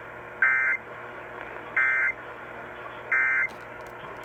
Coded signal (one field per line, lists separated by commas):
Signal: Emergency Alert System (SAME) tones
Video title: Alerts just keep coming EAS# 145-157 7/28/20 - 7/29/20